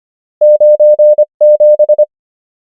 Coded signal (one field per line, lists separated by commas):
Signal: Morse code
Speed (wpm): 25 wpm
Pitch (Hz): 600 Hz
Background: none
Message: 9 7